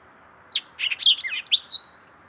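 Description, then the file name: White-eyed vireo singing one quick, jumbled phrase of abrupt chips and twangy slurs that closes with a clear whistled upslur, with faint continuous hiss behind. "White-eyed Vireo - Vireo griseus"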